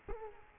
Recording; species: mosquito wingbeat signal from an infrared sensor; Culex quinquefasciatus